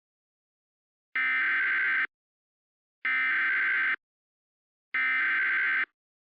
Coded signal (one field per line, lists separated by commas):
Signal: Emergency Alert System (SAME) tones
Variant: header bursts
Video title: EAS Activation Mock #2 | Evacuation Immediate